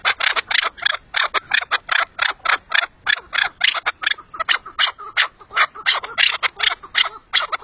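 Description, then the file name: Partridge calling in a rapid run of harsh, grating notes, steady throughout. "perdiz"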